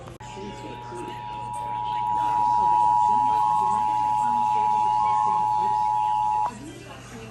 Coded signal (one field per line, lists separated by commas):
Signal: Emergency Alert System (SAME) tones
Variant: 853 and 960 Hz attention tone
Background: speech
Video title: King County DEM Required Monthly Test EAS(12-12-2020)